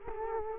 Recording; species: mosquito wingbeat signal from an infrared sensor; Culex quinquefasciatus